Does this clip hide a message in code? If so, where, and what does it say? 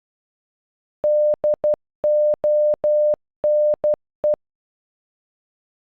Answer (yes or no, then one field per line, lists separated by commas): yes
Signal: Morse code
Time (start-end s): 1.0-4.3 s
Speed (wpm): 12 wpm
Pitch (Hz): 600 Hz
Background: none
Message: DONE